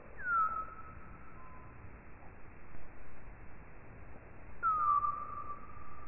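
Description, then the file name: Common noctule calls: two whistle-like notes, each a quick downward sweep levelling into a long flat tone, about four seconds apart, over faint background hiss. "Nyctalus noctula"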